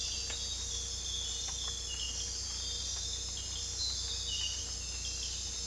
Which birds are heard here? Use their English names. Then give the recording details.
none. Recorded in dense forest near Puerto Asís, Putumayo, Colombia, on 22 December 2024 at 03:00. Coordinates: 0.486, -76.317. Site G003